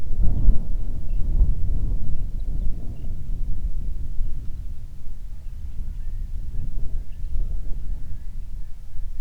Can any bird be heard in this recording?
yes